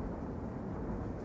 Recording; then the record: background sound without coughing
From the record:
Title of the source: Train Ride Ambience ambient white noise for sleeping, focus, studying, reading